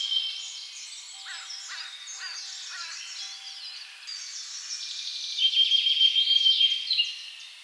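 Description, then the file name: Eurasian blackcap song: a busy chatter of mixed notes with other birds calling, then a loud, clear, fluty warble rising above the chorus near the end. "Sylvia atricapilla"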